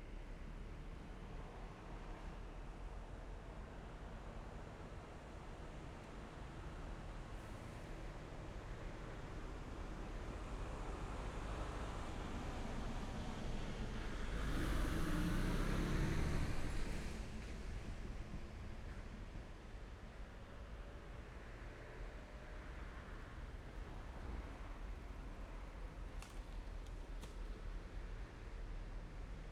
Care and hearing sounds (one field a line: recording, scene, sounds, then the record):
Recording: everyday scene through a hearing-aid microphone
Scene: in traffic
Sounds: traffic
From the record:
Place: main road on the outskirts, rush hour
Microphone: behind the ear, left, rear